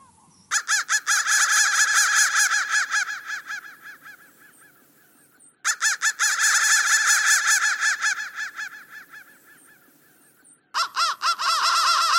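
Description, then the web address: Crow caws in three loud bursts of rapid harsh calls, each fading away before the next burst begins abruptly. "soundfactory crow"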